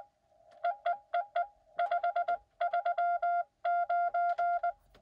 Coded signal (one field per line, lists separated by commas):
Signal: Morse code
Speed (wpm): 21 wpm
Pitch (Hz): 700 Hz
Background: music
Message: EEEE 539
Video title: Rainy drive-by POTA Morse code (cootie) activation of K-1024 (Silver Springs) on 10/25/2022.